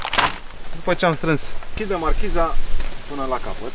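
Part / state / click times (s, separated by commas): awning support leg foot into its holder on the motorhome awning / seated / 0.2 s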